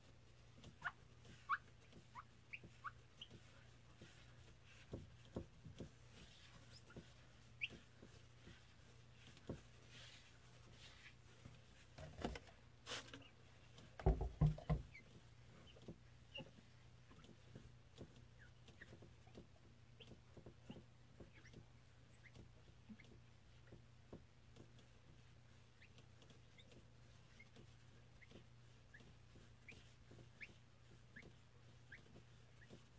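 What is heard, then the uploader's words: A mirror being cleaned, with scattered squeaks and taps of wiping over a steady low hum, growing busier and louder around the middle. Mirror cleaning.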